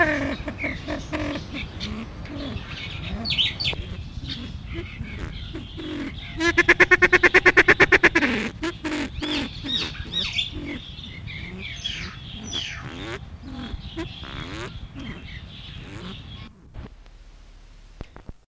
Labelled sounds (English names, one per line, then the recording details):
Silver Pheasant call
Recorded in captivity
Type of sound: call
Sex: male
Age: adult
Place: Zoo Hannover, Niedersachsen, DE
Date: 1972-01-21
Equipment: Halbspur, 9,5 cm/s
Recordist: Lütgens, Hans
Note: Rufe